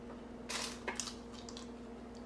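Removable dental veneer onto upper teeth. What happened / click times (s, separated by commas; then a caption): The plastic piece is handled but not yet snapped home / none. A custom removable plastic veneer for the top arch is handled as it is pressed toward the upper teeth. There are soft rustling and scraping sounds around 0.5 s and a few short sharp ticks near 0.9–1.1 s over a steady low hum. The clip ends before it goes home, so nothing has seated or clicked yet.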